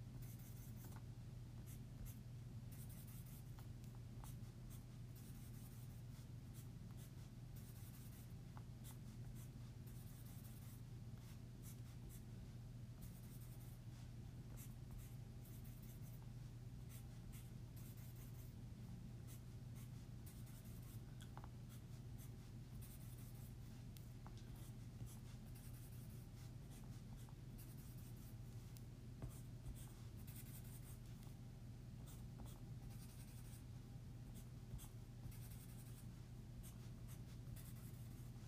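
Writing on paper, with the pen scratching out words, lines and circles in quick, continuous strokes and brief pauses. Soft scratchy clicks recur throughout, bright, over a steady low hum.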